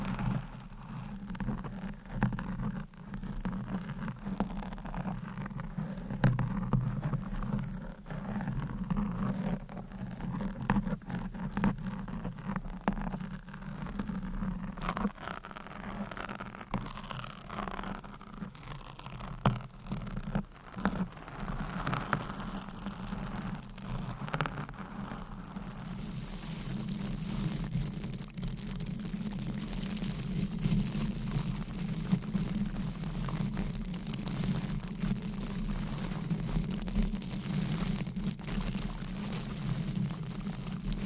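Microphone scratching crackles in dense irregular bursts over a constant low rumble, the rustling giving way to a steadier rough hiss after about 25 seconds.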